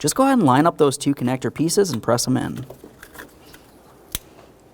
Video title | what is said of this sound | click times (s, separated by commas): How to Replace Radiator 2006-2012 Ford Fusion (3.0L V6) | press it in listen for a click | 4.2 s